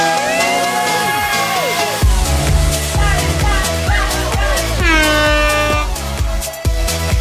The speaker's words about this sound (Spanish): ¿Sabe que tengo un amor odio con esa sirena? Porque la extraño, sí. Pero la escucho y digo, ¿qué?